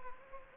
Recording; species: mosquito wingbeat signal from an infrared sensor; Anopheles gambiae